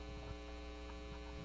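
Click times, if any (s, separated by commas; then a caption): none. A wheel that came off a small model race car is being handled as it is brought back toward its axle. Only a steady electrical hum is heard throughout. Nothing has seated or clicked yet.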